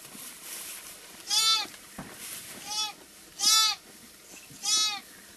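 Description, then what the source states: Sheep bleats: four wavering, nasal calls about a second apart, some louder and longer than others, with quiet background between them. A lamb with its mother.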